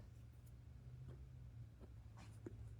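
A part of a 3D printer's filament path with a small clip on it is pushed back into the print head. There's a low steady hum with a few faint scuffs, then a single soft click at 2.5 s as the clipped part snaps home and seats.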